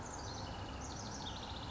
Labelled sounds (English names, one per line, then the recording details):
House Wren
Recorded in Sonoma County, California